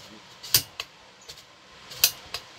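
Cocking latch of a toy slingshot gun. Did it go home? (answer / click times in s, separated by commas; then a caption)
yes / 2.0 s, 2.3 s. The cocking latch of a toy slingshot gun is pushed again after earlier failed tries, giving sharp plastic-sounding clacks at about 0.6 and 0.8 seconds. Then two crisp clicks at 2.0 and 2.3 seconds mark the latch engaging and locking.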